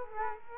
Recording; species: mosquito wingbeat signal from an infrared sensor; Culex quinquefasciatus